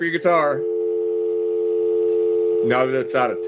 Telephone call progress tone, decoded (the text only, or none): dial tone